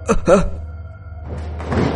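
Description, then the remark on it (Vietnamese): A door is kicked open: two quick, heavy bangs in close succession, followed by a low rumble and scraping noise as it swings. “Lúc Thập nghĩ mình sẽ chết đi thì bất chợt có tiếng đá cửa một cái rậm vang lên.”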